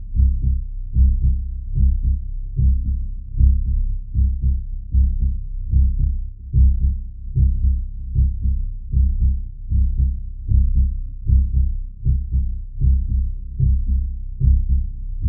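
Steady, deep heartbeat thumps at about 75 a minute, a bass-boosted heartbeat sound effect.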